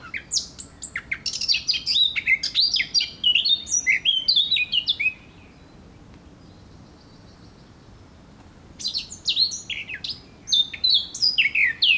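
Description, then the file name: Eurasian blackcap song: rapid, varied warbling phrases of sweet fluty notes and quick trills, one burst of about five seconds, a pause, then another burst. "Sylvia atricapilla"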